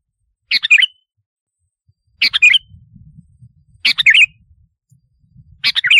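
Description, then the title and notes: Sooty-headed bulbul phrases of sharp, bubbly chirps repeated roughly every one and three-quarter seconds, with low soft rumbling noise between the later ones. "Kicau Burung Kutilang"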